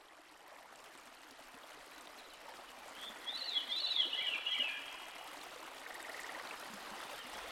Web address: Dan Gibson Songbird Symphony. Veery